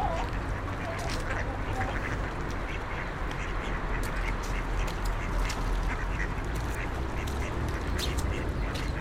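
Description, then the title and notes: Duck quacks come in scattered clusters of short calls over heavy, continuous low traffic noise from cars and buses. Ducks being fed by passers-by on the Old Town Promenade, Stare Miasto, Wrocław, at 16:00; passing cars and buses; Sony PCM-D50 recorder, Rode NT4 microphone, FEL BMA preamplifier. "Kaczki i gołębie na Promenadzie Staromiejskiej cz.1 Lokalizacja: Stare Miasto Czas: , 16.00. Kaczki i gołębie karmione przez przechodniów. Odgłosy przejeżdżających samochodów i autobusów."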